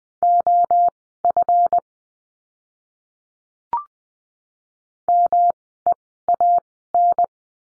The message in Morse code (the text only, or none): OF MEAN